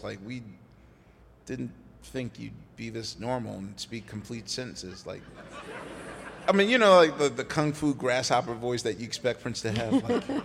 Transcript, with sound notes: Like, we didn't think you'd be this normal and speak complete sentences, like...
(LAUGHTER)
I mean, you know, like, the kung fu grasshopper voice that you expect Prince to have,